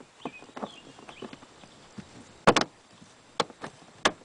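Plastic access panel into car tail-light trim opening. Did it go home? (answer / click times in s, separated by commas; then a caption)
yes / 2.5 s, 3.4 s, 4.1 s. A plastic tail-light access panel on a Honda Fit is refitted into the car's tail-light trim opening by lining up its three tabs with three holes and pressing it in. Soft handling knocks come first, then sharp plastic snaps at 2.5, 3.4 and 4.1 seconds as the panel snaps into place and is seated.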